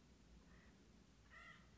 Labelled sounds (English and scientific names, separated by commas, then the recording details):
Acorn Woodpecker (Melanerpes formicivorus)
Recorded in Sonoma County, California